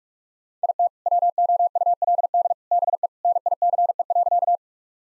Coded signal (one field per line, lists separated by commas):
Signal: Morse code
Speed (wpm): 46 wpm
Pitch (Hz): 700 Hz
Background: none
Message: IT WOULD BE NICE.